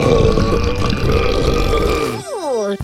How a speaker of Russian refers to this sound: Идем пить газировку. В игре Таппер. А где отрыжка, малышка? Неплохо.